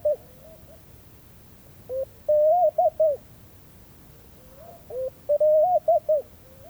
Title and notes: 04 mars 2019-Guelta de Elghedyia - Mauritanie. le murmure des Tourterelles maillées (Streptopelia senegalensis). Au lever du jour, les mâles roucoulent et paradent